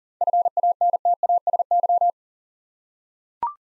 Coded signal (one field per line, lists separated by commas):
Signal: Morse code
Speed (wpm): 38 wpm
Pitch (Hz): 700 Hz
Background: none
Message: FANTASY